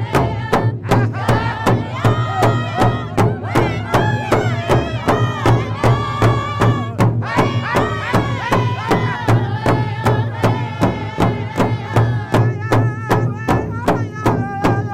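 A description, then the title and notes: A drum circle keeps up a steady, even beat of sharp strikes, roughly two per second, across the whole clip. A low hum sits underneath, while wavering voices, likely people singing or chanting together, drift over the drumming throughout. Trudell Drum Circle.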